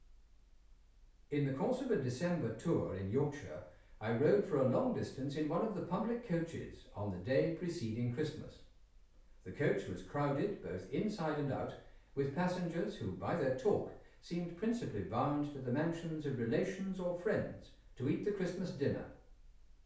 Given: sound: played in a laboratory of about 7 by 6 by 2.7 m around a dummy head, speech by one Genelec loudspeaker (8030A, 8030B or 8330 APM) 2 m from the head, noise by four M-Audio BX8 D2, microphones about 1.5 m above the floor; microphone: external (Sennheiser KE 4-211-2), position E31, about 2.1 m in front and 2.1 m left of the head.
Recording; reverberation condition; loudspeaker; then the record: male speech in English; medium; behind (180 degrees)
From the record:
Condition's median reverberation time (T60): about 510 ms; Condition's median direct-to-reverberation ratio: about -0.5 dB